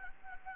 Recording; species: mosquito wingbeat signal from an infrared sensor; Anopheles gambiae